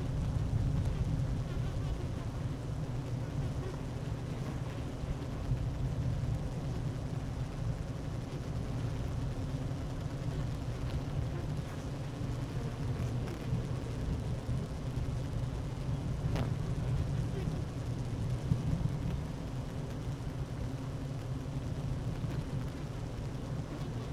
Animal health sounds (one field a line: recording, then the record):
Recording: honeybee colony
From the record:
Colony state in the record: active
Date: 12 June 2018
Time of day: 11:52